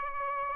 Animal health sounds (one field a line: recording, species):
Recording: mosquito wingbeat signal from an infrared sensor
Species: Aedes albopictus